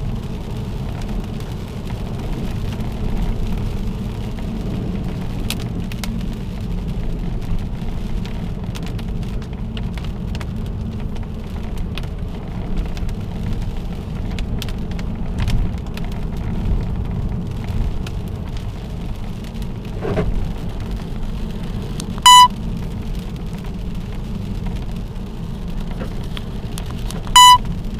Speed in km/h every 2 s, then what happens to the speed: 70, 67, 65, 61, 58, 58, 61, 62, 62, 63, 61, 60, 58, 57.
0-8 slows to 58. 8-28 steady at about 60.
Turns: none.